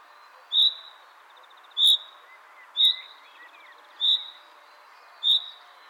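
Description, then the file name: Common chaffinch repeating a sharp, clear call note five times at a fairly steady pace of roughly one per second, over a low continuous background noise. "Fringilla coelebs"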